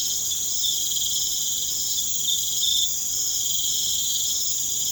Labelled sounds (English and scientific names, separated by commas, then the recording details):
none
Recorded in pastures near Puerto Asís, Putumayo, Colombia, on 29 June 2025 at 19:30
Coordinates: 0.472, -76.331
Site G095